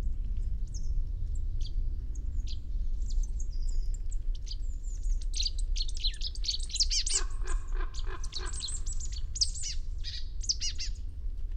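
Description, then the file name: Marsh tit calling with many brisk, high, sharp chips and a short burst of harsh, buzzy repeated notes midway, against constant low background rumble. "Poecile palustris"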